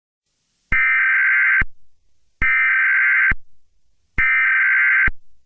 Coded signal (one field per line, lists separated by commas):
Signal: Emergency Alert System (SAME) tones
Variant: header bursts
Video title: EAS Scenario #48: 2nd Civil War